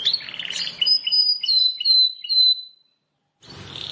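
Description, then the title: Plain prinia song: a rapid jumble of high whistled and buzzy notes for nearly three seconds, a short silence, then a harsh buzzy burst. "Ciblek Sawah"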